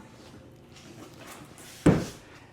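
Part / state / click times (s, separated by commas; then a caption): folding tonneau cover latch into truck bed rail / not seated / none. The rear panel of a BakFlip folding hard tonneau cover is closed onto the truck bed rails, and a single dull, door-like thud sounds at about 1.9 s as the latch hits the rail. The latch fails to catch because it strikes the rail and only catches if the panel is slammed, so nothing has latched yet.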